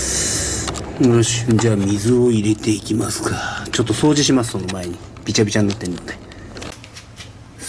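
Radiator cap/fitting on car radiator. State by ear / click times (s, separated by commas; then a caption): not seated / none. Someone talks while starting to fill a 1952 Cadillac's radiator with coolant and tries to fit the radiator filler cap or fitting onto it. Only small handling noises are heard, with a few brief ticks between 6.3 and 6.8 seconds. Nothing has seated or clicked yet, because the part on this Cadillac never fits properly.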